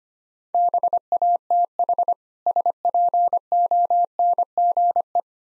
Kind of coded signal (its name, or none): Morse code